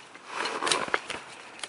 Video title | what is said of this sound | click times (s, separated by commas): Replace Nissan 3.5L V6 Crankshaft Position Sensor - 04 Nissan Quest | Hear it click. It's fully seated. It's locked in. | 0.9 s